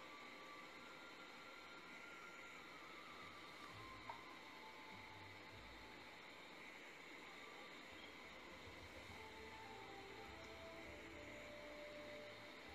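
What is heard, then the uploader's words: A boat moves steadily through the rainforest, its motor giving a constant drone with a bright whine riding above a low, shifting rumble. The level barely changes for the whole stretch, with only a brief click near four seconds. Pov: you're on a boat ride through the rainforest. Water.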